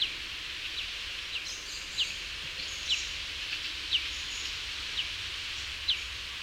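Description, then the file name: Common chaffinch giving short, sharp, high call notes, repeated several times over a steady background hiss. "Fringilla coelebs"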